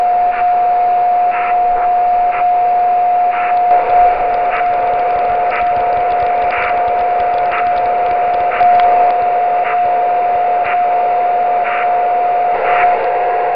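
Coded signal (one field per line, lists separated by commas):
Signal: radio time signal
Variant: DCF77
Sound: steady tone in noisy static with a brief hiss pulse about every second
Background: radio static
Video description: ] Dort dekodiert das Programm SoDiRa schließlich das Signal zur Darstellung der Uhrzeit und des Datums.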